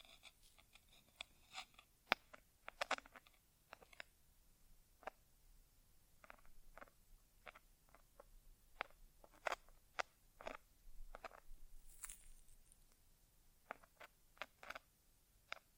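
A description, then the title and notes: An ASMR inner ear exam without talking, made of crisp, brief clicks and taps spaced irregularly, roughly one or two each second. Some bursts cluster together, and a short brighter rustle comes near twelve seconds over a quiet, low background. ASMR Inner Ear Exam (No Talking).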